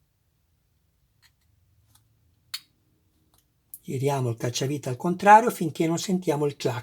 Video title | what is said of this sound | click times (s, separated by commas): RoboCop N7 DeAgostini in scala 1:3 Montaggio copertura spalla destra e consigli utili al montaggio. | Giriamo il cacciavite al contrario finché non sentiamo il tack, | 2.5 s